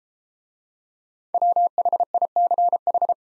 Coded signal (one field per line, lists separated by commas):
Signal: Morse code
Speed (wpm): 30 wpm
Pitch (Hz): 700 Hz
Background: none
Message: WHICH